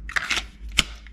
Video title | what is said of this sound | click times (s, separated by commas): SAS II UL - New Holster | has that solid click I did adjust it | 0.8 s